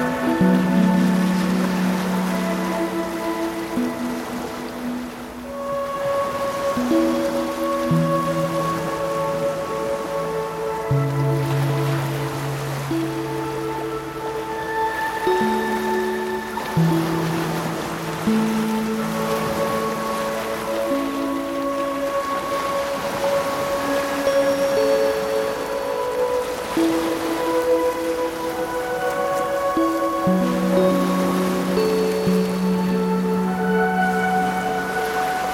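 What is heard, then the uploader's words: Slow, sustained synth chords shift every few seconds over a steady hiss of waves, with soft bright tones drifting above throughout. By The Ocean. I took out the guided meditation so it’s just the sounds of waves and music.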